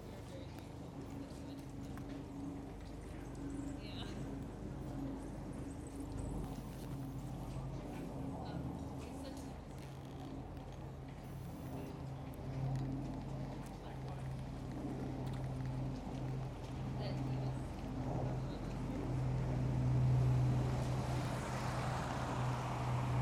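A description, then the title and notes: A steady low drone runs through the whole clip, like a plane passing overhead, growing louder and fuller near the end around twenty seconds. Voices murmur in conversation beneath it, with scattered clicks and knocks and a brief rise of rushing noise late on. This recording is of Edmunds Hall on the campus of Pomona College. It was recorded during a passing period, at 2:45 on a Tuesday afternoon. You can hear the drone of a plane flying overhead, interspersed with conversations and the occasional car.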